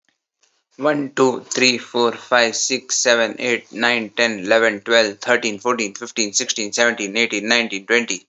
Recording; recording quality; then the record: counting at a fast pace; excellent, no background noise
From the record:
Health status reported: healthy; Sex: male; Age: 23 years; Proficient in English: yes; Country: India